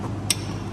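A click-type torque wrench tightens another cylinder head nut to its 20 foot-pound setting over a steady low hum. A single sharp click sounds at 0.3 s, and the nut is at torque.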